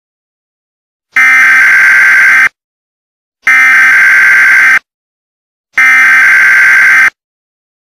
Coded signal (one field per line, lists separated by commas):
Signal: Emergency Alert System (SAME) tones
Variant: header bursts